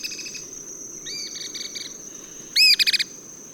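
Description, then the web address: Cliff flycatcher giving shrill arched notes, a softer stuttering series first, then a loud arched note and a few quick clipped notes, with a constant high insect whine. Recorded in Ecuador. "Birds of Ecuador. Cliff Flycatcher"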